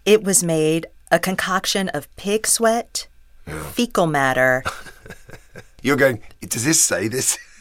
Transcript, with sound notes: It was made, a concoction of pig sweat.
Yeah.
Fecal matter.
(Laughter) You're going, does this say this?